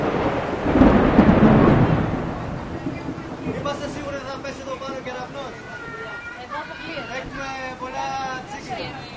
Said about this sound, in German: This rain is twice today for me. Zum zweiten Mal schon so ein Regen heute.